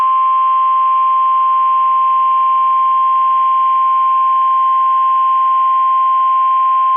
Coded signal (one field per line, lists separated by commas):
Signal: Emergency Alert System (SAME) tones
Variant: 1050 Hz attention tone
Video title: 9/13/23 - KEC65 Required Weekly Test (EAS #874)